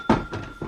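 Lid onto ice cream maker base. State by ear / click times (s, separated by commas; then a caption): seated / 0.1 s. A plastic lid is pressed onto an ice cream maker bowl and latches, giving a sharp snap-click at 0.1 s. Two softer knocks follow around 0.35 s and 0.6 s. The lid is seated and snapped shut.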